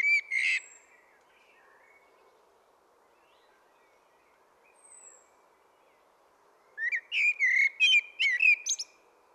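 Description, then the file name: Common blackbird song: a brief whistled note with high twitter, quiet pause, then a run of mellow warbled whistles and squeaky high notes. "Turdus merula"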